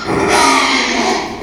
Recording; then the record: squeal of a Yucatan mini pig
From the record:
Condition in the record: after surgery on the right vocal fold (resection and tissue-engineered implant); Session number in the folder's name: 2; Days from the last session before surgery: 13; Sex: male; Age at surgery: 12 weeks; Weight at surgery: 13 kg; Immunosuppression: cyclosporine, prednisolone